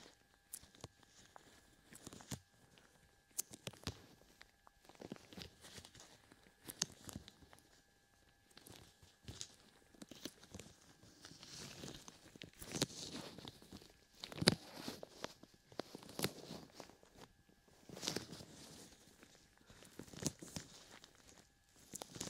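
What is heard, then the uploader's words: Gloved hands cup and rub over the ears in irregular, muffled bursts of rustling and soft thumps, with a faint steady hum underneath. ASMR Ear Cupping with Gloves.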